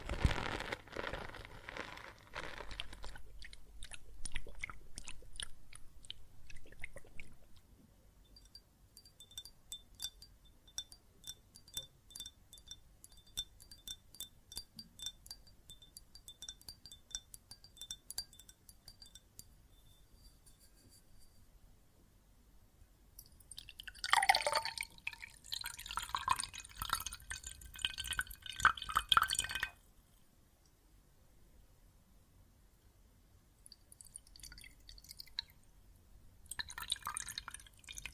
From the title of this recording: Water and Soap Foam Sounds